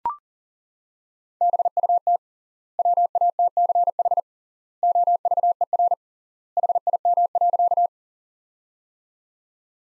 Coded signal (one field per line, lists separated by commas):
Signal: Morse code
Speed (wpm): 40 wpm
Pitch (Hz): 700 Hz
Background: none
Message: BUT WATCH OVER HIM.